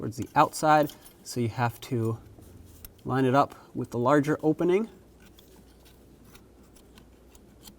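Someone talks while the brake light switch retaining clip on a 2007-2014 Chevrolet Silverado 2500 HD is lined up, hook facing outward, with the larger opening on the pedal bracket. After the talking stops at about 5 seconds, a few faint, sharp handling taps follow against a quiet background. The clip has not been pulled forward or clicked into place yet.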